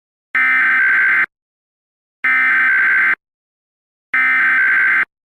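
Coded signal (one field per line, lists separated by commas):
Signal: Emergency Alert System (SAME) tones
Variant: header bursts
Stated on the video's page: Fictional EAS scenario based on a game.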